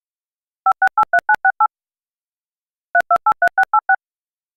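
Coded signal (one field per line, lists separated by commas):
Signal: DTMF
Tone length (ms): 90 ms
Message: 5683968 3283686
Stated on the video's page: DTMF phone-number tones generated with Audacity's DTMF Tones effect.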